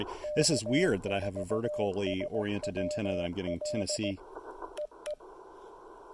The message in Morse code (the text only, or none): K4SWL EE